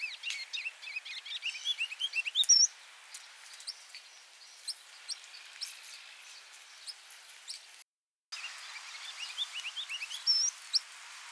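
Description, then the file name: Ruby-crowned kinglet song phrases: bursts of quick high rising notes early on and again near the end, with scattered faint ticks and light background hiss between them. "Regulus calendula - Ruby-crowned Kinglet"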